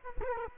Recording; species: mosquito wingbeat signal from an infrared sensor; Culex quinquefasciatus